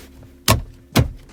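A plastic interior trim panel on a 2009 BMW 328i is pushed back onto the dashboard after a new start-stop button is fitted. Two sharp, loud clip snaps ring out at 0.5 s and 1.0 s over a quiet background. The trim panel clips seat back into the dash.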